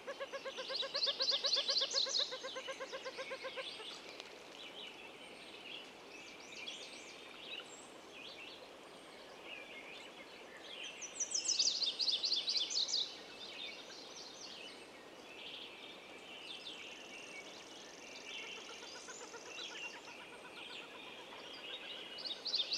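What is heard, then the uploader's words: Birds sing at dawn over a steady outdoor hush. A rapid, regularly pulsed song rings out for the first few seconds and returns around eleven to thirteen seconds, with scattered high chirps and calls from other birds filling the background throughout. Yellowstone Park. The dawn breaks with Ravens, mountain bluebirds, a great grey owl calls from a tree.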